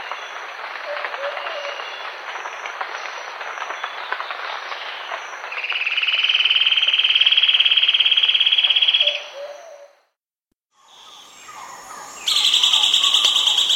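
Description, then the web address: Chestnut-belted gnateater giving a long, high, pulsed trill over steady background noise, followed after a brief silence by another high trill. South America. "Natures Songs S America Chestnut-Belted Gnateater"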